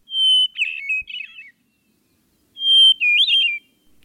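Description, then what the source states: Hermit Thrush song, two phrases each opening with a long clear whistled note, then a fluttering cascade of flute-like notes trailing off. Played as a quiz hint; giveaway is the first strong note; song starts loud then trails off downward, almost echoing itself.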